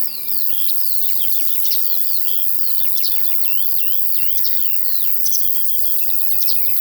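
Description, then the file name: Cricket chirping forms a continuous high, hissing buzz beneath busy lark song made of quick, slurred whistles and trills. Field ambience with crickets and larks. "Sounds from a Field Larks and Crickets"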